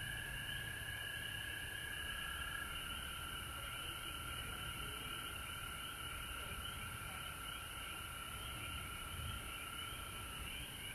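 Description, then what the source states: Frogs in a continuous trilling chorus, one lower layer dropping out early, with a persistent high hiss and a soft low rumble. Recorded at home in Georgia on March 19, 2020.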